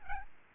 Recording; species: mosquito wingbeat signal from an infrared sensor; Aedes albopictus